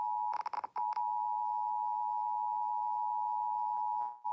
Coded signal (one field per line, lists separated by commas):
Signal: Emergency Alert System (SAME) tones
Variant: 853 and 960 Hz attention tone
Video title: EAS SVR #45 (PDS) 3/14/25 (Credit Goes To @SouthernPennsylvaniaWX & @KanawhaCountyWX)